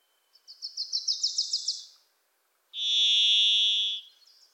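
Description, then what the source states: Varied thrush: a long, level, vibrating whistle, preceded by a Wilson's Warbler's fast series of sharp, rising chips. In forests of the Pacific Northwest, singing from deep within the trees; a Wilson's Warbler also singing.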